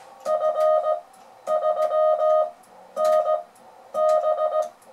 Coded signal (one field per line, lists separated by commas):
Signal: Morse code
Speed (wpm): 17 wpm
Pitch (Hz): 620 Hz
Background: music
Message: F3NB